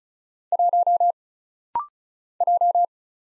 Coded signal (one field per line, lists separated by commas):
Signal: Morse code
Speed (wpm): 36 wpm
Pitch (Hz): 700 Hz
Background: none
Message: 1 J